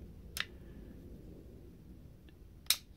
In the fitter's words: it snaps into place and